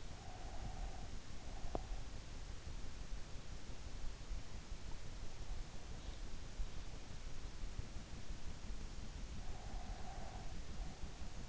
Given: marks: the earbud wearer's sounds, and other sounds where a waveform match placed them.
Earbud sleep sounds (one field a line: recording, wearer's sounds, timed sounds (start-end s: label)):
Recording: sounds in sleep by an in-ear microphone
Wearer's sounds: breath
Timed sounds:
0.00-2.06 s: breath
9.27-11.49 s: breath